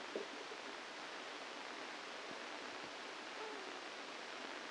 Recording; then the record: brain microelectrode recording played as sound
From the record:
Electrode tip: inside the subthalamic nucleus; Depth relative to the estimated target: 1 mm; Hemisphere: left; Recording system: NeuroSet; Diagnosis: Parkinson's disease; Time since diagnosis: 8 years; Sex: male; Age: 65 years